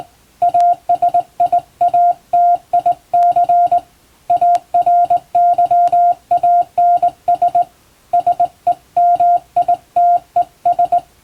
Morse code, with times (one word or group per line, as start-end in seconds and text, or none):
0.4-3.8 ASIATIC
4.3-7.6 ARYANS
8.1-11.0 SEMITES